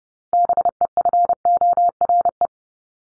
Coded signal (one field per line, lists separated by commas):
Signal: Morse code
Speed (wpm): 30 wpm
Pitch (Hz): 700 Hz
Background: none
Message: BEFORE